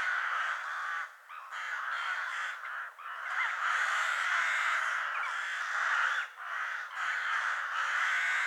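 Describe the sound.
Crows or ravens cawing as a flock, harsh overlapping caws forming a near-continuous raucous chorus with a few brief lulls.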